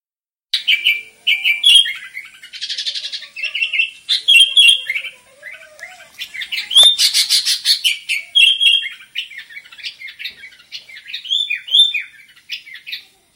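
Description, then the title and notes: Sooty-headed bulbul pouring out a dense stream of bubbly whistles and harsh chatter, phrases following quickly with only short pauses. Described with the Indonesian bird-keeping term gacor, meaning singing vigorously and continuously. "kutilang gacor"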